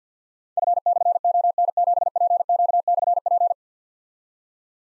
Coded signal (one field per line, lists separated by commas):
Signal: Morse code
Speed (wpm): 52 wpm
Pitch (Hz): 700 Hz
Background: none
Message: F/ON7PQ/P